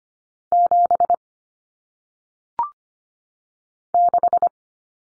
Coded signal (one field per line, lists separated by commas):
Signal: Morse code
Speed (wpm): 25 wpm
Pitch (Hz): 700 Hz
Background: none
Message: 7 6